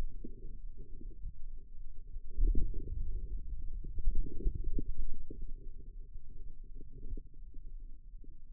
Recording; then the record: forearm muscle sounds (acoustic myography)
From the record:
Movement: inward rotation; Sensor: system 2, bracelet of six BSWA MPA416 microphones around the upper forearm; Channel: 4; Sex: male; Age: 22 years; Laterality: right